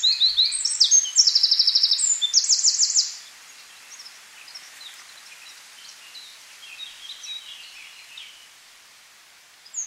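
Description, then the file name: Eurasian wren delivering a loud burst of high twitters and fast trills for about three seconds, then quiet with faint chirps in the background. "Troglodytes troglodytes"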